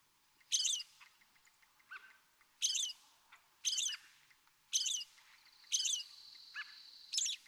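American robin phrases every second or two, with scattered soft chips and a brief steady whistle-like tone among them over background hiss.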